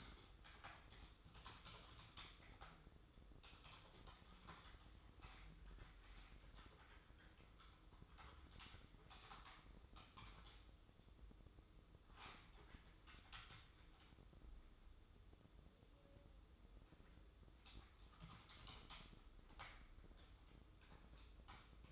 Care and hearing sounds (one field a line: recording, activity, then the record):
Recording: daily activity, microphone in the room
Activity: typing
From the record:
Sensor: 3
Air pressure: 995.3 hPa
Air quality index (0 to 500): 78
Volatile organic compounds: 6 ppm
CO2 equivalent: 1845 ppm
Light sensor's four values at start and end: 20/60/25/23 and 20/60/25/23